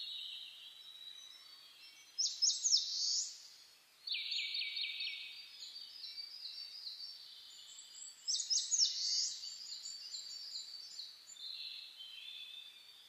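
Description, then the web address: Dawn chorus birdsong with two loud rapid chattering phrases about six seconds apart over a steady background of thin high whistles. Dawn chorus (reimei, saezuri) recorded on 10 May 2010 at 04:01. "sounds data 2010 reimei DH-D 50-saezuri-20100510-0401"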